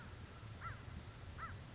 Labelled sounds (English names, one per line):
American Crow